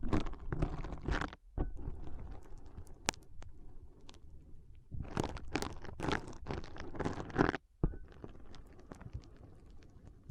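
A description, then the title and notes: Foam being squeezed and rubbed in an ASMR brain massage, with bursts of crunchy, crackling scrunching around the first second, again from five to seven and a half seconds, and near the end. Between bursts, softer rustling and low rumbling continue, broken by two brief silences. ASMR Powerful Foam Brain Massage.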